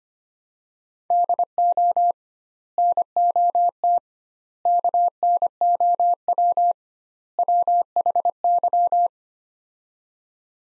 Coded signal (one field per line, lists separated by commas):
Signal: Morse code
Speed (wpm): 25 wpm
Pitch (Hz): 700 Hz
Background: none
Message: DO NOT KNOW WHY